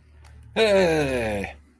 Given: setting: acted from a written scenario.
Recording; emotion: vocal sound without words; elation